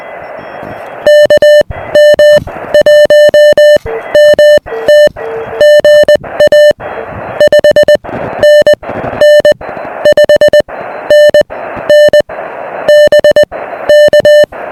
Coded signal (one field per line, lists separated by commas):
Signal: Morse code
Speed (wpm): 20 wpm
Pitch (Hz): 600 Hz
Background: music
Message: KM1MT GA 5NN 5NN BK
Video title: Delta Loops and ‘Gorge’-ous Views: SOTA with Scott and Vlado!